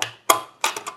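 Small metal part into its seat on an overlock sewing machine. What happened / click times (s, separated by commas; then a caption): The small metal part snapped into its seat / 0.3 s. A small metal knife-holder piece is turned into its seat on a household overlock sewing machine until it drops in and snaps into place. The sharp seating click comes at 0.3 s among a few other light taps. The piece is seated.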